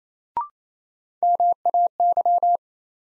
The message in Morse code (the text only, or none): MAY